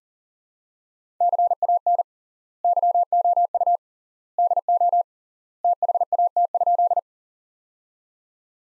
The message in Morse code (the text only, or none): CAN YOU DO THAT?